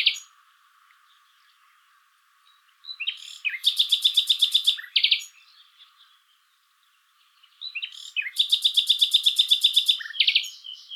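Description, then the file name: Common nightingale giving two long phrases, each a very rapid, even rattle of repeated notes ending in a loud note, separated by a quiet gap. "Luscinia megarhynchos"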